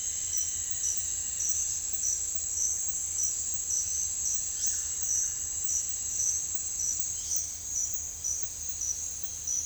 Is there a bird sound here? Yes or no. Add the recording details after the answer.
no. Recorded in dense forest near Puerto Asís, Putumayo, Colombia, on 26 December 2024 at 07:30. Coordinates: 0.468, -76.322. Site G071